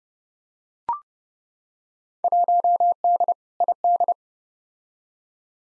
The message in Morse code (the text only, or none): 1D ID